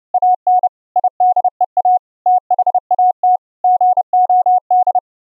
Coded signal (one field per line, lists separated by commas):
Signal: Morse code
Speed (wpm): 30 wpm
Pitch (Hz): 730 Hz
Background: none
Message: AN IDEA THAT GOD